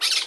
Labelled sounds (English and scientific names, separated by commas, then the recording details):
Brown-throated Parakeet (Eupsittula pertinax) contact call
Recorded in Margarita
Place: San Francisco, near stadium
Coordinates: 11.018, -64.294